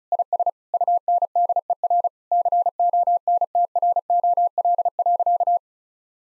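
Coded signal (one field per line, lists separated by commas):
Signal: Morse code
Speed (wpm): 36 wpm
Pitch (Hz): 700 Hz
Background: none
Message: IS UNDER CONTROL.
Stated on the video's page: Morse practice at 35 wpm of sentences containing common nine-word phrases, each sentence sent twice.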